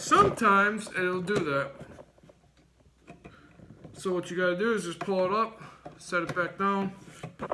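A component, likely a memory or similar module, is lifted from its slot on an old Dell desktop motherboard and set back down after a first try did not sit right, while someone talks. Faint handling sounds come in a pause around 2.6 to 3.3 seconds. The clip ends before the part goes home, and nothing has seated or clicked yet.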